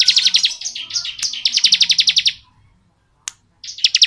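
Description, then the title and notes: Bar-winged prinia song: rapid trains of sharp, buzzy notes in bursts, then a pause before another burst. Song used as training audio for oriental magpie-robins; described as ngebren style. "Ciblek Ngebren Untuk Masteran Murai Batu. Suara Nada"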